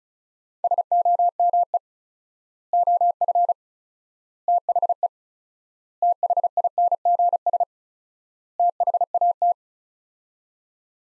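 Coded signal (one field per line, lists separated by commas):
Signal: Morse code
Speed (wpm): 36 wpm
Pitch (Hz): 700 Hz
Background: none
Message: SOME OF THE THINGS THAT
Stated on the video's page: Morse practice sets of five words at 35 wpm with 4x word spacing, a word-based Farnsworth-like method for head-copying phrases.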